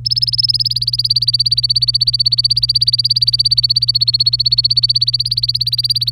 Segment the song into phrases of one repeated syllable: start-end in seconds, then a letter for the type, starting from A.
0.05-6.11 A